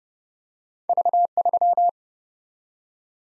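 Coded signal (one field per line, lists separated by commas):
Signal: Morse code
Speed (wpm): 30 wpm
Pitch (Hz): 700 Hz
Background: none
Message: V3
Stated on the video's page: Morse drill at 30 wpm of random two-character letter and number groups, each sent, spoken, then sent again, for head-copy.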